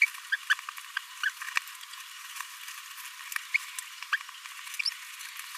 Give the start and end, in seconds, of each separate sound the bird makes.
0.32-0.36, 0.50-0.54, 1.23-1.29, 3.54-3.57, 4.12-4.17